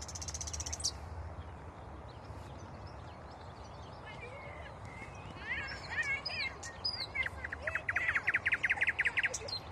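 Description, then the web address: Common nightingale singing varied phrases, a high whistle first, then twisting notes, ending in a fast, loud trill of rapidly repeated notes. "rossignol ordinaire chant du rossignol"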